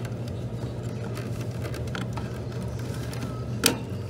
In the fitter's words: we go we heard the snap you